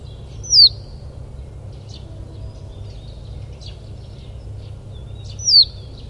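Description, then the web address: Russet sparrow calls: two sharp, high descending chirps about five seconds apart, with faint softer chirps from other birds between them and a steady low rumble beneath. "山麻雀"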